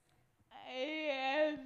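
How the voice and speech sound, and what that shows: A single drawn-out, steady "eh" vowel lasting about a second, fairly high in pitch, fades into a faint nasal "n" with no clear consonants or words. This unintelligible vocalization comes from a person with severe speech disorder, whose residual vocal abilities still carry a unique vocal identity.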